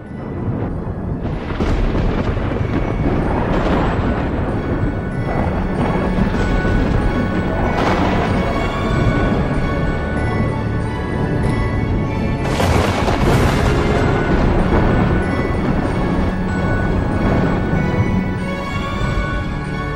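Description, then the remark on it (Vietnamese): Rumbling thunder with loud crashing lightning strikes, heavy booming bursts around two, eight and thirteen seconds over a continuous roaring, crackling storm wash with no talking. “Chỉ thấy sấm sét chói lòa đùng đùng, bà con vội vàng dạt ra xa, thậm chí có những người còn phải che mắt lại bởi vì những tia sét chói lòa tỏa ra sức nóng khủng khiếp.”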